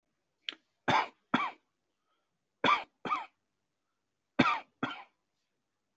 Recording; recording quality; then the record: shallow voluntary cough; excellent, no background noise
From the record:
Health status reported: healthy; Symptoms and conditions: diabetes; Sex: male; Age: 50 years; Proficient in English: yes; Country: United States